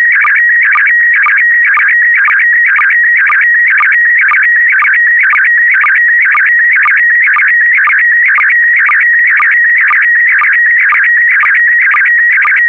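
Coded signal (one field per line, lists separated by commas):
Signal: SSTV (slow-scan television)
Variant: PD120 mode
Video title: (11 of 12) ISS Expedition 65 - MAI 75 August 2021 - Retransmission SSTV PD120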